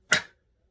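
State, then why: Seated. The blade of a Cold Steel Ranch Boss II folding knife, which has a liner lock on a lockback design, is opened and swings into its steel lock. A single loud, sharp snap at 0.1 s rings briefly in the upper frequencies and fades by about 0.3 s, followed by near silence. The blade is seated and locked.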